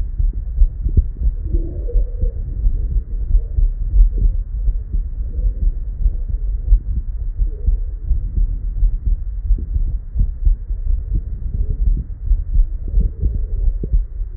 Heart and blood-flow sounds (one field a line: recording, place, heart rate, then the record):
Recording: heart sounds by stethoscope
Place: Erb's point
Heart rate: 85 bpm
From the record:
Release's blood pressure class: normal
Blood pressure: 108/62 mmHg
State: at rest